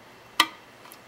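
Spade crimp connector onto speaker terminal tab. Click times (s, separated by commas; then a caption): 0.4 s. A female spade crimp connector on speaker wire, its sides gently squeezed beforehand for a tight fit, is pushed onto a speaker terminal tab. It snaps into place with one sharp, bright click at 0.4 s, followed by a much fainter tick near 0.9 s. The connector is seated on the tab.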